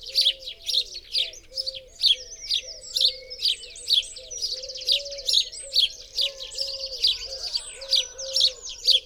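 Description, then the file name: House sparrow calling with rapid chirps, more than two a second, backed by a low wavering tone and softer twittering. "Passer domesticus"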